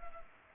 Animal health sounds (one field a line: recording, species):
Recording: mosquito wingbeat signal from an infrared sensor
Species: Culex pipiens